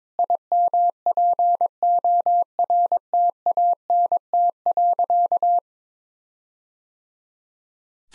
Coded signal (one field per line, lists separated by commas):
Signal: Morse code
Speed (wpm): 21 wpm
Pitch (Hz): 700 Hz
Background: none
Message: IMPORTANT.